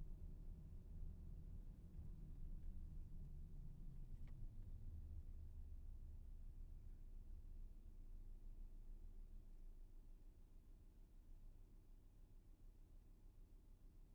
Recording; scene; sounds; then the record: everyday scene through a hearing-aid microphone; in a vehicle; engine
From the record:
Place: VW T5 Caravelle, diesel engine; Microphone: behind the ear, left, front